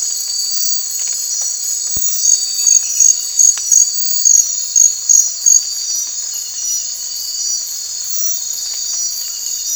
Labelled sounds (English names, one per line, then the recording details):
none
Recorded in secondary vegetation near Puerto Asís, Putumayo, Colombia, on 8 March 2025 at 01:30
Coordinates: 0.499, -76.323
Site G094